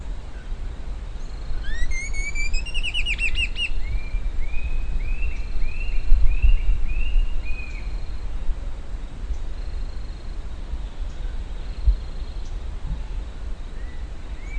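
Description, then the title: Bird song: a few sharply rising upswept whistles, then a quick series of arched whistled notes, with sparse faint calls afterward over constant low background noise. "LuckyPassaro Completos2Sama"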